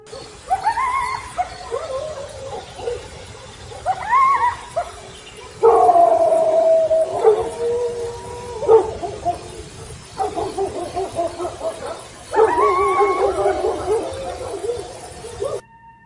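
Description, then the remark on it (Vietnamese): Several dogs across a village bark and yelp in overlapping bursts, some calls stretching into whining howls, the noise rising and falling in loud waves for the whole stretch with no talking. “Lúc này Dương chưa kịp định thần thì tiếng chó sủa ma đã vang vọng khắp cả dãy làng.”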